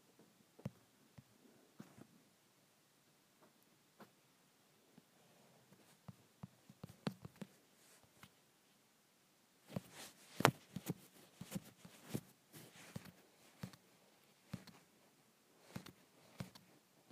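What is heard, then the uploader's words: A phone being rubbed and handled, with soft scratchy rustles and small taps that come in irregular bursts. The first ten seconds are sparse and quiet. From about ten seconds on the scraping gets denser and brighter, with a sharp click near the middle. ASMR Rubbing my Phone.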